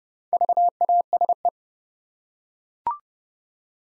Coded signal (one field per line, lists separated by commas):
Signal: Morse code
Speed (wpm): 30 wpm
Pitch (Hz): 700 Hz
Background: none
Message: VASE